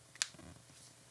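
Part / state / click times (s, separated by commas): small plastic cap / seated / 0.2 s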